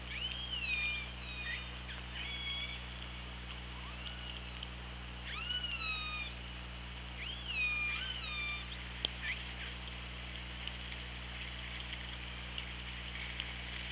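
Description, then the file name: Orca calls, several rising and falling whistled cries with harmonics, then a quieter stretch, over a steady underwater hiss and low hum. Recorded by OrcaLab hydrophone, underwater, on 24 August 2017 at 17:37:14. "Orca Lab UTLN JASON 20170824 173714"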